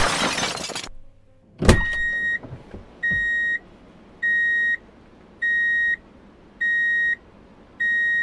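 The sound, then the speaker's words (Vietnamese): A burst of rushing noise and a sharp crash, followed by a car horn in street traffic sounding in steady, evenly spaced high-pitched beeps, about seven in a row, over a low traffic hum. “Tiếng còi xe y ngỏi, Trâm không nghe thấy nữa.”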